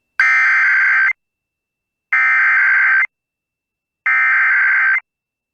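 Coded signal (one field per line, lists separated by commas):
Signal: Emergency Alert System (SAME) tones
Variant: header bursts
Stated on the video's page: Winter storm warning EAS alert on NOAA Weather Radio for the Minnesota Arrowhead, received at Grand Marais, MN.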